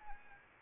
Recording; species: mosquito wingbeat signal from an infrared sensor; Anopheles arabiensis